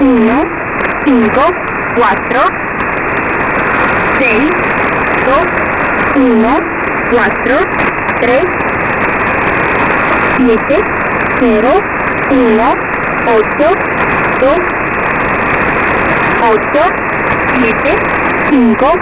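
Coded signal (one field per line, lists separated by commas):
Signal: numbers station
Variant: V07, Spanish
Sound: spoken Spanish numbers read in short evenly spaced syllables through constant radio hiss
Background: radio static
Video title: Numbers Station, Russian source Spanish language, ENIGMA ID V07, 13521 kHz, 0300 UTC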